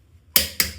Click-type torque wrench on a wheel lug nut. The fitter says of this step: we'll turn this till it clicks. That's how you know you're at 130.